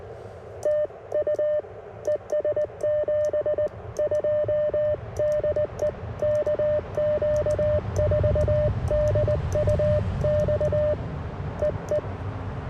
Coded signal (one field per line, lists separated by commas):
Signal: Morse code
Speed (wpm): 19 wpm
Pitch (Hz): 600 Hz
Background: radio noise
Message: TU ES 72 DE KQ4DUX EE